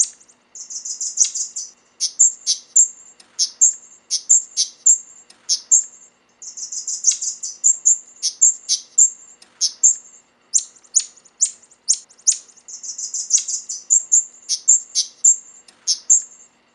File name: manyar napoleon omkicau